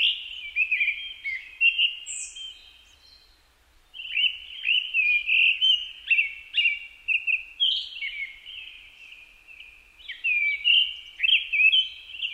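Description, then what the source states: Japanese thrush song, a rich, rambling run of fluty whistles and quick warbled twists, with a short pause early on before the varied phrases resume. Recorded on 4 May 2010 at 18:30.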